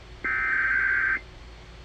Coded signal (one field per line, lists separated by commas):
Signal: Emergency Alert System (SAME) tones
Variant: header bursts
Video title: (CANCELLED) Missouri Blue Alert on WAHC || 7/19/22 (EAS # 1202)